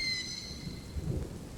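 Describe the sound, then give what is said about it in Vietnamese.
Steady light drizzling rain hisses throughout with a low, rolling rumble underneath, while faint high whistling tones linger briefly at the start; no voices. “Cả hai giằng co với Sang trong màn mưa lâm thâm”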